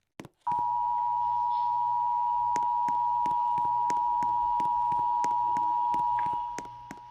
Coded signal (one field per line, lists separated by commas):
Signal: Emergency Alert System (SAME) tones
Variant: 853 and 960 Hz attention tone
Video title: tornado EAS TEST